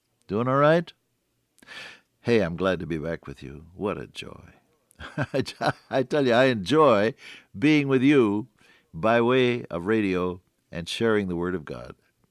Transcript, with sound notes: Doing alright? Hey, I’m glad to be back with you, what a joy. [laughter] I tell you, I enjoy being with you, by way of radio, and sharing the Word of God,